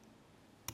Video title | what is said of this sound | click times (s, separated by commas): BlueHat IL 2025 - Inbar Raz- Reversing a Pay Phone for Fun but No Profit | outer pin on 3, nice click there. | 0.7 s